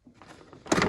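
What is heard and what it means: The front of the plastic body shell on a large-scale RC car is lifted off its chassis clip, since it is only clipped in place. Soft handling rustles lead into a loud snap at 0.7 s as the clip releases, followed by a brief scraping tail. The front of the body comes free.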